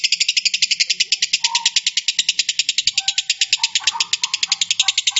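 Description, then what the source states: Lovebird giving a rapid, steady stream of buzzy high pulses, with a few lower chirps mixed in. Lovebird song style called konslet.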